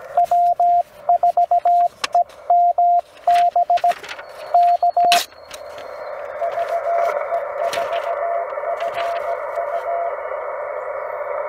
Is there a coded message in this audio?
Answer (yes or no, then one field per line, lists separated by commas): yes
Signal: Morse code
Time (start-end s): 0.2-10.1 s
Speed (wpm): 17 wpm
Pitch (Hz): 700 Hz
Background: radio noise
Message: W4EMB K VE4FU